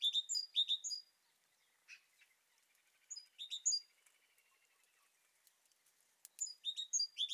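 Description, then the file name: Great tit giving high, clipped chirps in short rapid bursts, separated by pauses, with faint softer twittering in the gaps. "Parus major"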